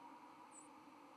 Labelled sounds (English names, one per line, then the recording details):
White-throated Sparrow flight call
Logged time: 08:23 on 31 October 2014